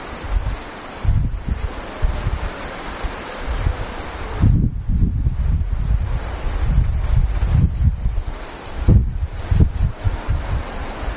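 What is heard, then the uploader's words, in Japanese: Cicadas buzz in a steady, high, finely pulsing drone that holds from start to finish. Beneath it, wind rumbles low and gusty, rising in stronger surges around the fifth and ninth seconds and briefly thinning the insect sound. セミ風音。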